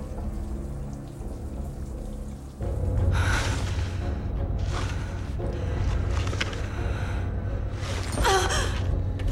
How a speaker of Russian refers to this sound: Испуганно оглядывается на звук падающего камня.